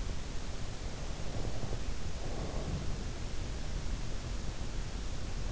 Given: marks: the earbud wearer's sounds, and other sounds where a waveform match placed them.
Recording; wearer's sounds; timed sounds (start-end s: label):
sounds in sleep by an in-ear microphone; breath
1.01-3.34 s: breath